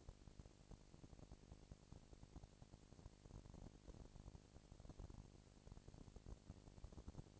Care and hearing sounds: daily activity, microphone in the room; no activity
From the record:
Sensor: 5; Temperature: 19.8 degrees Celsius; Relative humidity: 36.7%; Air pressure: 997.1 hPa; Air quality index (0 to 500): 169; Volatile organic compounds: 14 ppm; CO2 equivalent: 2441 ppm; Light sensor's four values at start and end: 2/3/1/1 and 2/3/1/1

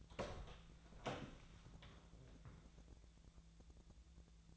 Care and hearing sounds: daily activity, microphone in the room; open door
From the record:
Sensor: 3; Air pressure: 1000.4 hPa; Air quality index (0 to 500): 178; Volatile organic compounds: 4 ppm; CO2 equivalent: 1540 ppm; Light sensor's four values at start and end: 14/34/14/15 and 14/35/15/15

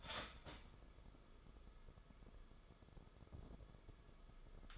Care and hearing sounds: daily activity, microphone in the room; start toaster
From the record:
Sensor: 5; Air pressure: 994.6 hPa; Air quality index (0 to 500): 184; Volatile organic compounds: 1000 ppm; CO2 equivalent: 5372 ppm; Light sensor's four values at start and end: 31/103/39/41 and 31/103/39/41

